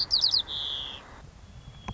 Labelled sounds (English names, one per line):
White-crowned Sparrow